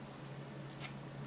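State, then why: Not seated. A SO-DIMM memory module is handled over a laptop memory slot, where two side locking tabs will grab it once it is pressed down into place. A steady low hum runs throughout, with faint handling noise and a brief soft rustle around 0.8 s. The module has not seated or clicked yet.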